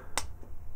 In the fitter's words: comes down and this and then you can slide this in then this will come up and lock into place